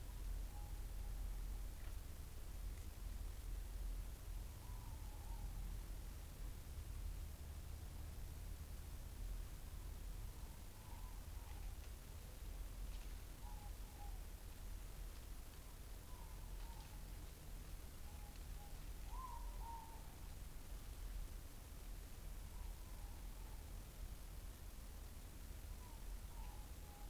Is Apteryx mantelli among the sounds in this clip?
no